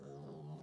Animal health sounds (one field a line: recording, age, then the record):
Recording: pig call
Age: piglet (1 to 25 days)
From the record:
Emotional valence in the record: negative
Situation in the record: short isolation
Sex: female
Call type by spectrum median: low-frequency call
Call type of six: low-frequency stable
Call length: 0.63 s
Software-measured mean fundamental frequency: 72 Hz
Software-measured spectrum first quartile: 158 Hz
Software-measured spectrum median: 281 Hz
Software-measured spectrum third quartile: 525 Hz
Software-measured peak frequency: 158 Hz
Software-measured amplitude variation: 78 dB a second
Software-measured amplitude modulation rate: 27.8 a second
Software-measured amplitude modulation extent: 2.8 dB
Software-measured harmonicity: 0.8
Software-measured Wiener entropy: 0.38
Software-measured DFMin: 1424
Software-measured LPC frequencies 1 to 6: 3090, 3804, 4690, 5771, 7003, 8406 Hz